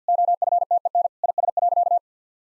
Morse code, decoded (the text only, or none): OFTEN IS.